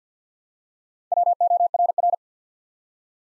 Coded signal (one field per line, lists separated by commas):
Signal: Morse code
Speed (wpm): 50 wpm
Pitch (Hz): 700 Hz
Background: none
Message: WORR